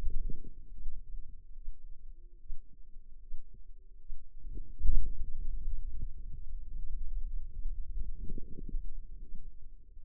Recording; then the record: forearm muscle sounds (acoustic myography)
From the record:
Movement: pen grasping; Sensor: system 2, bracelet of six BSWA MPA416 microphones around the upper forearm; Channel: 1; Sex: female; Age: 25 years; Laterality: right